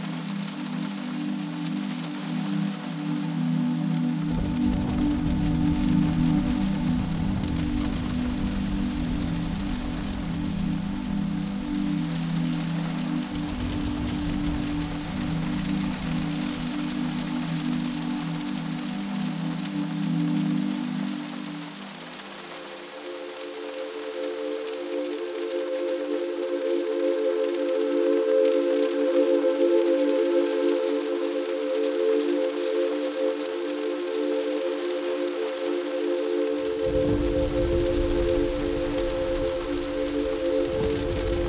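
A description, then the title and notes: Heavy rain hisses steadily throughout beneath low sustained tones that shift in pitch around twenty-two seconds, with deep rumbles swelling in and out. Soothing tones set against the sounds of heavy rain and distant thunder.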